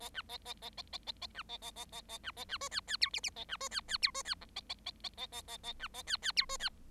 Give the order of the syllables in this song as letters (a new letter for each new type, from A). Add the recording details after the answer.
A B A A A A A A A B A A A A A B A B C D D E F F A B C D D E C D G A A A A A A A A B A D D E C D. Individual Bird7